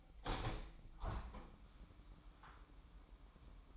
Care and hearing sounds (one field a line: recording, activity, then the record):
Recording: daily activity, microphone in the room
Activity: open window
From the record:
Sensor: 1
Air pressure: 998.6 hPa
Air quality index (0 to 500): 129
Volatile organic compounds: 4 ppm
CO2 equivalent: 1549 ppm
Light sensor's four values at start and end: 9/21/8/10 and 9/21/9/10